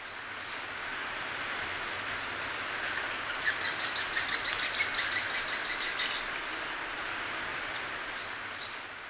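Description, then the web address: Red-faced spinetail giving one high, thin series of notes run together into a trill lasting about four seconds, then stopping. Ecuador. "Birds of Ecuador. Red-faced Spinetail"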